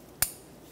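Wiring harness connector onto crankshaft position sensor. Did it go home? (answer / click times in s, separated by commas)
yes / 0.2 s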